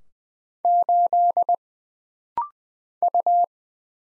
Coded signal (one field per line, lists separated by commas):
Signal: Morse code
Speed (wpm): 20 wpm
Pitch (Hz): 700 Hz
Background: none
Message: 8 U